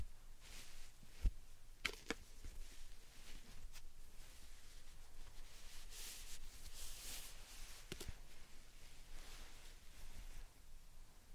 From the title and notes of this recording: ASMR Satisfying Slime Sand Triggers for Sleep (No Talking).